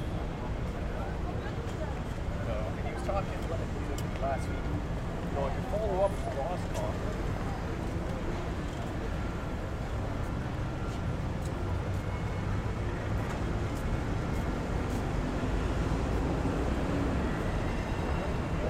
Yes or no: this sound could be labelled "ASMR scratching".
no